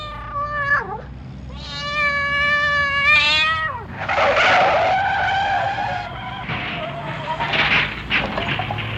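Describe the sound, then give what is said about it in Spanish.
A frightened cat lets out two loud, drawn-out meows with gliding pitch, followed by a long, harsh screech of car tires skidding on a street that holds for several seconds. “El gato se asustó y saltó a la calle, donde se le atoraron las patas en la alcantarilla y no pudo correr. Por eso chocaron los coches.”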